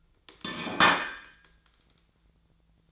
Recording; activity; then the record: daily activity, microphone in the room; place plate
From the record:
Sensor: 3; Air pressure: 1009.4 hPa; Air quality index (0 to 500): 197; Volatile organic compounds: 16 ppm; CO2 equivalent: 2558 ppm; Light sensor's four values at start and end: 34/84/36/38 and 34/84/36/38